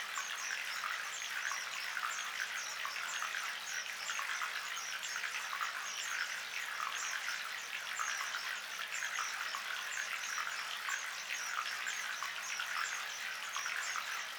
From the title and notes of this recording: Birds Chirping and Gentle Running Water.